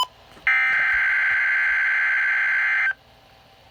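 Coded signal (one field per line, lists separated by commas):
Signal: Emergency Alert System (SAME) tones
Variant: header bursts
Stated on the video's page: Real Severe Thunderstorm Watch EAS alert.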